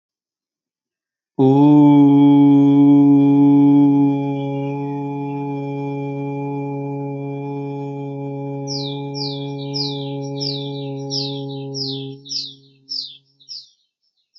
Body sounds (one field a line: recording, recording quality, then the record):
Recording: sustained vowel as in boot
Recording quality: excellent, no background noise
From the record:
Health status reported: healthy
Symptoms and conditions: none ticked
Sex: male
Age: 30 years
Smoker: not ticked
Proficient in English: yes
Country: India